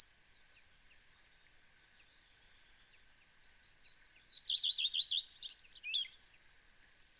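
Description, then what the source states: Common Redstart singing; faint high notes give way to a loud, fast chattering run of squeaky and buzzing notes, then a brief whistle. Male song, a sweet, melancholy series of two phrases, clear whistles then squeaky, hard, buzzing notes; sung several phrases per minute or continuously.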